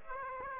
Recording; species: mosquito wingbeat signal from an infrared sensor; Aedes aegypti